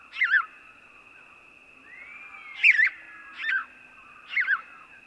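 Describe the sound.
House sparrow chirping: four loud, buzzy chirps spaced unevenly across a few seconds, over a steady thin high whine.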